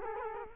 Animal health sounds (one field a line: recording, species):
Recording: mosquito wingbeat signal from an infrared sensor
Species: Culex quinquefasciatus